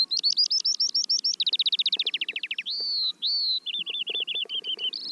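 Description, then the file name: Eurasian skylark song, a brisk sequence of rapidly repeated high chirps, a descending rattle, then long whistles and a fast trill. "veldleeuwerik"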